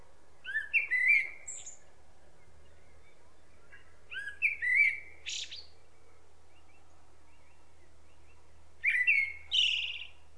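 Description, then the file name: Common blackbird delivering three song phrases, each a warbled fluty motif followed by a sharp high squeaky flourish, with a soft low rumble beneath. "Turdus merula"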